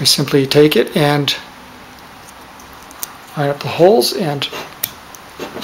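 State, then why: Seated. Someone talks while a plastic mounting piece with holes is lined up with the holes of a 2N3055 TO-3 power transistor and pushed on. There are faint ticks around 3.0 s, then a sharp snap at 4.8 s as the piece seats in place and holds fairly well.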